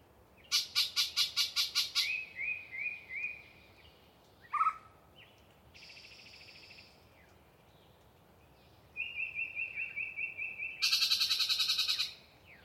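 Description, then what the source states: Yellow-breasted chat singing a jumble of phrases: rapid harsh clucks, a string of whistled notes, a sharp yelp, a buzzy phrase, an even rattle and a closing chatter. Particularly chatty bird giving a long pre-dawn soliloquy in deciduous cover near the microphones.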